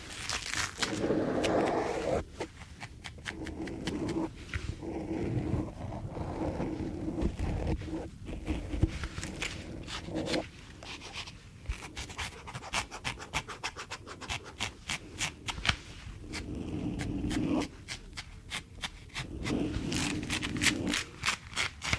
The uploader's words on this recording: ASMR - Super Tingly Glove Sounds - Latex Gloves, Cleaning Gloves, No Talking.